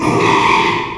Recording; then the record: squeal of a Yucatan mini pig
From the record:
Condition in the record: after surgery on the right vocal fold (resection and tissue-engineered implant); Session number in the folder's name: 1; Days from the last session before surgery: 6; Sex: male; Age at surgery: 12 weeks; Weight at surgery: 13 kg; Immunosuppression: cyclosporine, prednisolone